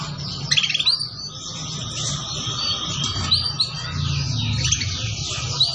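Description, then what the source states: Atlantic canary song, a continuous dense warble of high rolling trills and whistles, over a low rumbling hum. Song used as a lure to attract birds.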